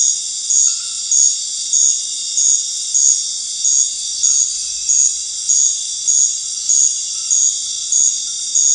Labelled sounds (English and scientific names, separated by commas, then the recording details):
none
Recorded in dense forest near Puerto Asís, Putumayo, Colombia, on 13 March 2025 at 21:00
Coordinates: 0.484, -76.317
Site G064